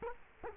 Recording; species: mosquito wingbeat signal from an infrared sensor; Culex quinquefasciatus